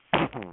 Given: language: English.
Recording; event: throat vibration sensor signal played as sound; cough